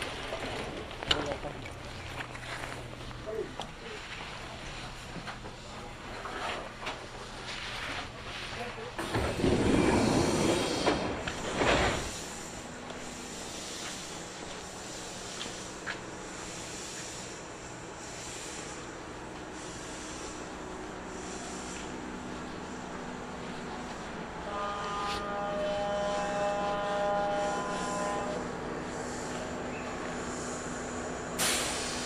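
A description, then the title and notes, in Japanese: An express train on the Kintetsu Osaka Line rumbles along, a steady low roar with faint voices mixed in. Around ten seconds a loud rushing burst swells and fades, then the ride settles quieter. Near twenty-five seconds a high steady whine with tonal lines rises. 近鉄大阪線 急行 名張→大和朝倉。平日のお昼時、そろそろ学生の乗り降りが始まりそうな時間帯です。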